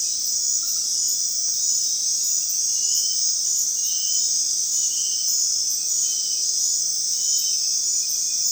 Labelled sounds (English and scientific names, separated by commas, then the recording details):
none
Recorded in dense forest near Puerto Asís, Putumayo, Colombia, on 19 February 2024 at 23:30
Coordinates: 0.499, -76.324
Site G6469